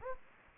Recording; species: mosquito wingbeat signal from an infrared sensor; Anopheles gambiae